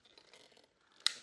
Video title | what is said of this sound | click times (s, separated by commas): BEST Budget DI Spotless Tank Systems - Vevor - Spotbye - Deionization | click into fast rinse, and we click out of fast rinse | 1.1 s